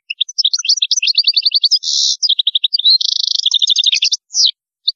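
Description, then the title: European goldfinch in full song: a fast, nearly continuous stream of twittering notes, tinkling chirps and dense buzzy trills. "Chant Chardonneret"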